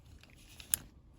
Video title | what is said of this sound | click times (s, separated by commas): K&F Lens Mount Adaptor Nikon F/AF To EF Mount | there click so it's locked in there | 0.7 s